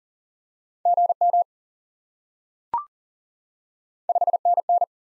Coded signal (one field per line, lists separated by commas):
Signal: Morse code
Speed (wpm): 40 wpm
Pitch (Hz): 700 Hz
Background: none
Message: GM 5NN